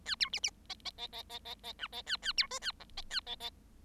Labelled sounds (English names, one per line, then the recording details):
Bengalese Finch song
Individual Bird7